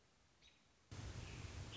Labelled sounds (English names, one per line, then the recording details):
American Robin
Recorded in Sonoma County, California